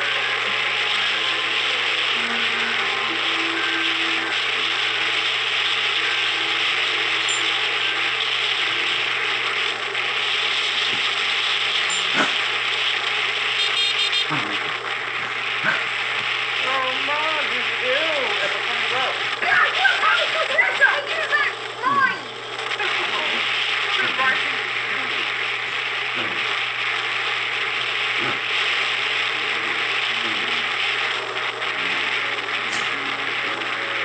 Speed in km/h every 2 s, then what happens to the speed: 53, 54, 54, 54, 55, 56, 55, 50, 51, 51, 50, 49, 49, 48, 48, 48, 45.
0-11 steady at about 54. 11-14 slows to 50. 14-34 steady at about 49.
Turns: none.